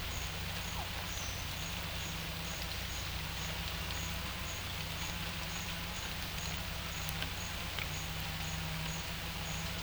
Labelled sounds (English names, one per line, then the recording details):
none
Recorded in pastures near Puerto Asís, Putumayo, Colombia, on 21 December 2024 at 10:30
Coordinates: 0.472, -76.329
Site G072